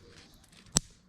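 While a monitor is being pulled apart for scrap, a plastic retaining clip under a part of the monitor housing lets go with a single sharp snap at 0.8 s over faint low handling noise. The clip has snapped open and released.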